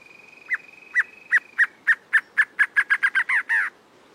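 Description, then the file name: Acre antshrike song: evenly pitched clipped notes quickening into a rapid string and ending in broader notes, with a faint steady high tone early on. "Canto do choca do acre"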